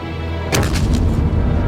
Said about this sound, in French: L'obus est tombé sur le vestiaire. Il a tout détruit. Distrutto tutto! Un obus a détruit le magasin d'habillement.